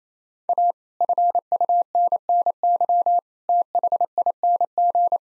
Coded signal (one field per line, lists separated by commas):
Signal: Morse code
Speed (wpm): 28 wpm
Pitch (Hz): 700 Hz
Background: none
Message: A FUNNY THING